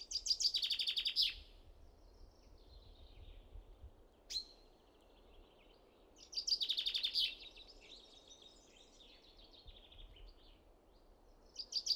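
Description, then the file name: Common chaffinch song: loud cascading phrases with softer high warbling between them over a steady low background noise. "Fringilla coelebs"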